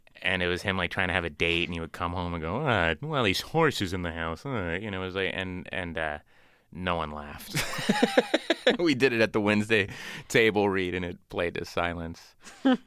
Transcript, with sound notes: And it was him, like, trying to have a date. And he would come home and go, why are these horses in the house? You know, it was like - and no one laughed (laughter). We did it at the Wednesday table read, and it played to silence.